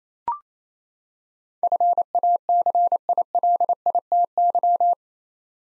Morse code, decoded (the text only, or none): FACILITY